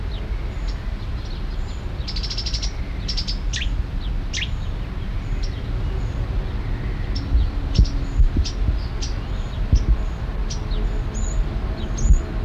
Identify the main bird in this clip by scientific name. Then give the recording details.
Cettia cetti. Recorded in the wild. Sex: male. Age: adult. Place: Berneburg (Sontra), Hessen, DE. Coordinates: 51.06, 9.88. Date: 1975-08-09. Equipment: Halbspur, 9,5 cm/s. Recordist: Lütgens, Hans